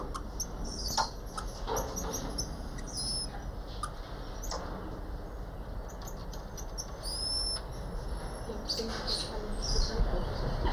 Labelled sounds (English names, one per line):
Cottontop Tamarin call